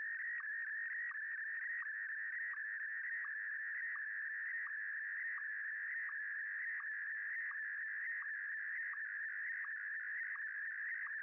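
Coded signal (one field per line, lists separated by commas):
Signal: SSTV (slow-scan television)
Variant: PD120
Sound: steady warbling, buzzy tone with rhythmic short low chirps several times a second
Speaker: and here you can see the iss signal coming up and the picture slowly developing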